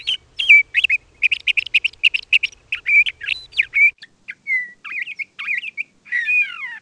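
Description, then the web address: LeConte's Thrasher song: a run of varied whistled and slurred notes, some rising, some falling, ending in a downslurred phrase. "Peterson North American Birds. lcth"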